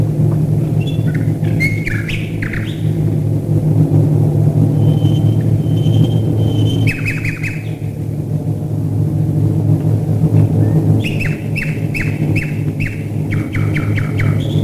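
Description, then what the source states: Common nightingale song: a long pure whistled note, buzzy bursts and quick repeated notes, with a heavy low aircraft engine rumble throughout. Nightingales singing while bombers fly overhead, recorded in 1942.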